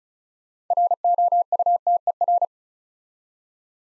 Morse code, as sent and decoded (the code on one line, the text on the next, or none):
.-. --- ..- - . .-.
ROUTER